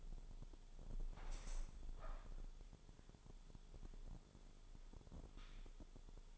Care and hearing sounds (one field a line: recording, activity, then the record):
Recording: daily activity, microphone in the room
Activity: open window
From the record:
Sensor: 5